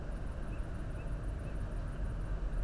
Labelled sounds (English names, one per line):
Tawny Owl